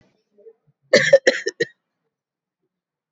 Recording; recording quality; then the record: shallow voluntary cough; excellent, no background noise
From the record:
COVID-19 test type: RT-PCR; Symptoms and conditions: cough, cold, breathing difficulty, another respiratory illness, hypertension, diabetes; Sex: female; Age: 55 years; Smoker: no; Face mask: not worn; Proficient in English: yes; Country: India